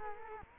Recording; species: mosquito wingbeat signal from an infrared sensor; Culex quinquefasciatus